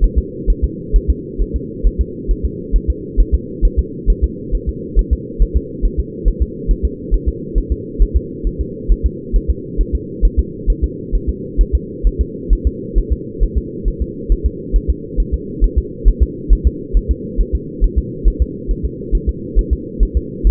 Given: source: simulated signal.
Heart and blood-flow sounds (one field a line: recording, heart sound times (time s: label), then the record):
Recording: fetal heart sounds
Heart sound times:
0.04 s: S1
0.18 s: S2
0.50 s: S1
0.64 s: S2
0.96 s: S1
1.10 s: S2
1.42 s: S1
1.56 s: S2
1.87 s: S1
2.01 s: S2
2.31 s: S1
2.45 s: S2
2.76 s: S1
2.90 s: S2
3.20 s: S1
3.34 s: S2
3.65 s: S1
3.79 s: S2
4.10 s: S1
4.24 s: S2
4.55 s: S1
4.69 s: S2
4.99 s: S1
5.13 s: S2
5.42 s: S1
5.56 s: S2
5.85 s: S1
6.00 s: S2
6.28 s: S1
6.42 s: S2
6.71 s: S1
6.85 s: S2
7.14 s: S1
7.28 s: S2
7.58 s: S1
7.72 s: S2
8.02 s: S1
8.16 s: S2
8.47 s: S1
8.61 s: S2
8.92 s: S1
9.06 s: S2
9.36 s: S1
9.50 s: S2
9.81 s: S1
9.95 s: S2
10.25 s: S1
10.39 s: S2
10.70 s: S1
10.84 s: S2
11.15 s: S1
11.29 s: S2
11.61 s: S1
11.75 s: S2
12.07 s: S1
12.21 s: S2
12.53 s: S1
12.67 s: S2
12.98 s: S1
13.12 s: S2
13.43 s: S1
13.58 s: S2
13.88 s: S1
14.02 s: S2
14.32 s: S1
14.46 s: S2
14.76 s: S1
14.90 s: S2
15.20 s: S1
15.34 s: S2
15.64 s: S1
15.78 s: S2
16.08 s: S1
16.22 s: S2
16.53 s: S1
16.67 s: S2
16.97 s: S1
17.11 s: S2
17.41 s: S1
17.55 s: S2
17.84 s: S1
17.98 s: S2
18.28 s: S1
18.42 s: S2
18.71 s: S1
18.85 s: S2
19.15 s: S1
19.29 s: S2
19.59 s: S1
19.73 s: S2
20.03 s: S1
20.17 s: S2
20.47 s: S1
From the record:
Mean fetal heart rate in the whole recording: 135 bpm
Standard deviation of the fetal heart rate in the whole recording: 3 bpm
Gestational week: 36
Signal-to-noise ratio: -4.1 dB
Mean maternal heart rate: no maternal heart sound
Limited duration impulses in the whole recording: absent